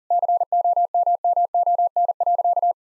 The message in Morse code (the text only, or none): COMMON.